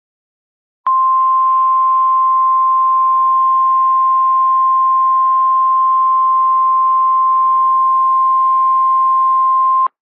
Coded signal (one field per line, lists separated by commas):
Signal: Emergency Alert System (SAME) tones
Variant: 1050 Hz attention tone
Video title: Weather star 4000 (IDK what this is about) + SVR (EAS 95) (please read the description)